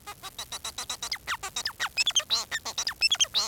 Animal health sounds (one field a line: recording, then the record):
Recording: song of a male Bengalese finch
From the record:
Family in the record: son of father 4